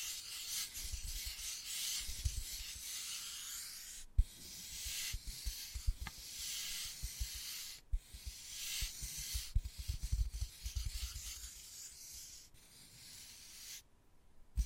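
Wood carving with dense scratching and rasping strokes, a bright scraping hiss that surges in bursts of a second or two, broken by short pauses near 4, 8 and 14 seconds. Low thumps and soft taps run underneath, with a sharper knock just after 4 seconds.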